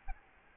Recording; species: mosquito wingbeat signal from an infrared sensor; Aedes albopictus